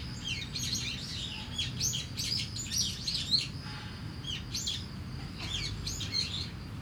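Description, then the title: Starling singing a busy stream of squeaky, clicking and wheezy notes, pausing briefly midway, over low background hum. Singing in a tree in Kiyosumi garden, Tokyo, Japan; binaural recording. "Kiyosumi garden, Tokyo, Japon - Starling in a tree"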